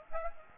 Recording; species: mosquito wingbeat signal from an infrared sensor; Aedes aegypti